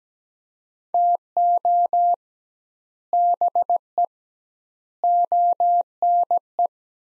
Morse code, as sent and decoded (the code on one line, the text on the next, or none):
- --- / -... . / --- -. .
TO BE ONE